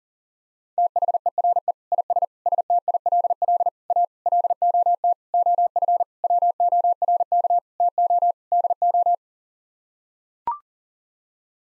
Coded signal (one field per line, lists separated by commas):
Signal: Morse code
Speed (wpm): 40 wpm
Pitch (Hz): 700 Hz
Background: none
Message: THERE IS STILL A LOT OF WORK TO DO